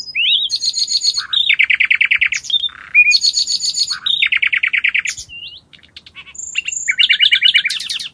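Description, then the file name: Bird song made of quick buzzy trilled phrases, each a fast run of notes, broken by sharp high chirps and ending on a high rattling burst. "ptica"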